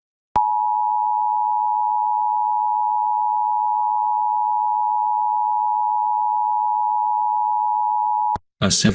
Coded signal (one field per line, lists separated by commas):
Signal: Emergency Alert System (SAME) tones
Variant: 853 and 960 Hz attention tone